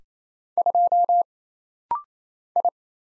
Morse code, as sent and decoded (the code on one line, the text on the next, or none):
..--- / ..
2 I